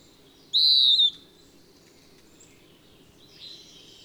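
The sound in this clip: A bird sings one loud, pure downslurred whistle early on, followed by faint high chirps, over a continuous low hum.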